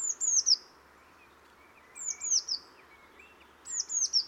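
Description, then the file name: Eurasian blue tit making high, thin falling call notes in groups of three, repeated roughly every one and a half to two seconds, over a noticeable hiss. "Cyanistes caeruleus"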